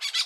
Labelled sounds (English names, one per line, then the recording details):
Brown-throated Parakeet contact call
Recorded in Curacao
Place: N of oil terminal (Bullenbaai)
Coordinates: 12.200, -69.020